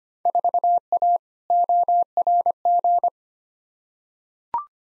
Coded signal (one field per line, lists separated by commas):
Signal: Morse code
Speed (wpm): 25 wpm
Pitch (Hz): 700 Hz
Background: none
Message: 4A ORG